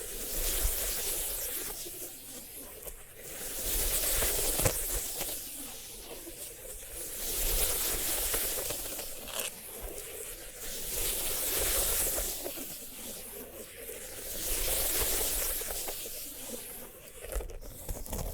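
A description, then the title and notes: Scratchy, hissing rustles from a sunflower head rise and fall in slow, regular swells roughly every three seconds, bright and dense throughout. ASMR of a Sunflower Head (No Talking).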